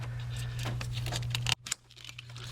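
An electrical connector on a power steering area component of a Land Rover Discovery Series II is unplugged by squeezing its top tab, heard as small rattling plastic clicks over a steady low hum. The connector clicks as it unlatches at 1.7 s and is released, followed by quieter handling sounds.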